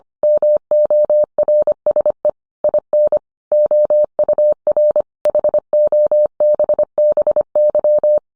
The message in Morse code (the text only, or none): MORSE IN OUR HOBBY